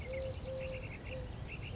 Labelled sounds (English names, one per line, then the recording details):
Eurasian Collared Dove
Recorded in Sonoma County, California